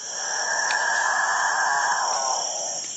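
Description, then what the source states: Capuchinbird song, a low groaning moo sustained nearly three seconds and sliding down at the end, with a steady high insect drone behind. Dawn chorus of males gathering in South American treetops to display each morning and evening; song attracts females; likened to nervous cattle or a distant motorboat.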